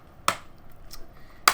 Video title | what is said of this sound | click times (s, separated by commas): How To: Upgrade NVMe SSD on Dell Latitude 3420 | press down close it off make sure all those little Clips catch | 0.3 s, 1.5 s